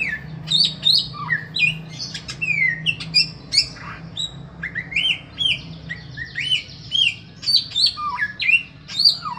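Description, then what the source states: Bird singing continuously, mixing upward-sweeping whistles, sharp downslurs and quick chips in a lively varied sequence, with a soft low hum behind. A song variation in the samyong style.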